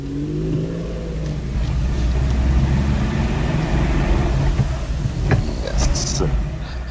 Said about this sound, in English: I hope you like the drive. I did. And, I love the sounds as well. Amazing, eh? yes. It's typical of this Citroën GS.